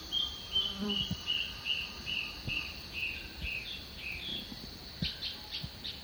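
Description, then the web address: Yellow-browed antbird song: a quick series of many whistled notes over a steady high insect buzz and low scattered thumps. Recorded in the eastern lowlands of South America. "Natures Songs S America Eastern Lowlands. Yellow-browed Antbird"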